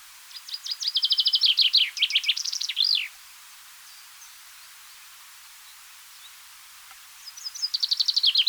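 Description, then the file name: Common chaffinch song: a bright rapid series of notes stepping down in pitch and ending in a flourish; a second song starts near the end over steady hiss. "Fringilla coelebs"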